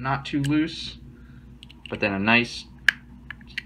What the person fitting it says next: solid click when you close it I like that a lot